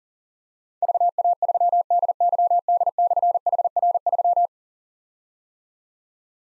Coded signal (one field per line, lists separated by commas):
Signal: Morse code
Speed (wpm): 39 wpm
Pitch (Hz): 700 Hz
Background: none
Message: VA3DYD/HR3